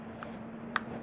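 An accessory jack (Motorola) is squeezed firmly into a two-way radio's accessory port after a partial insertion, pressed until no gap is visible between the port and the jack. A faint click comes at 0.2 s, then a louder, sharper click at 0.8 s marks the plug being fully seated.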